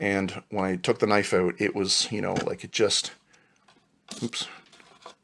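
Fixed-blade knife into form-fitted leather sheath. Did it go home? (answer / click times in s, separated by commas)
no / none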